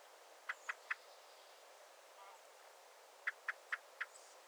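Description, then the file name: Common blackbird calling with sharp metallic chinks, three in quick succession, then a pause and a run of four more, over a quiet background. "Turdus merula"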